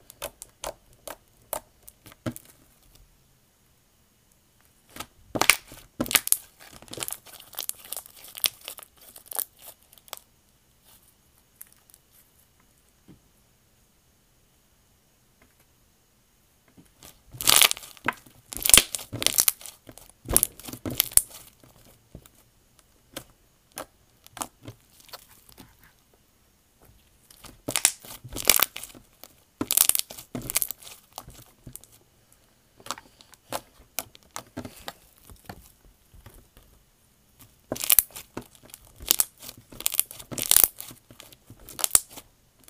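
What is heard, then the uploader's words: Wood sounds: bursts of dry cracking, snapping and crunching come in clusters, notably around 5–10, 17–21, 27–31 and 37–42 seconds. Between the bursts there are near-silent pauses with only faint, scattered clicks. 𝑜𝑛𝑒 ℎ𝑜𝑢𝑟 𝑜𝑓 𝐴𝑆𝑀𝑅 - 𝑛𝑜 𝑡𝑎𝑙𝑘𝑖𝑛𝑔. ᴡᴏᴏᴅ sᴏᴜɴᴅs.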